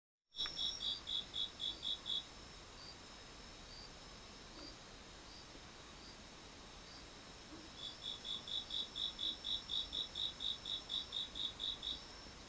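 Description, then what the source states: Insect chirping: a quick train of high, evenly pulsed chirps, a pause of several seconds, then a longer pulsed run, over a faint steady high whine. Recorded 15 September 2023, 13:21.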